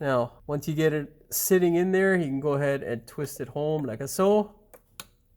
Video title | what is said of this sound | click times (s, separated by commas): 2013 Dodge Grand Caravan - Fuel Cap Light - EVAP Leak - Leak Detection Pump | listen for that wonderful clip and that we go got installed yes | 5.0 s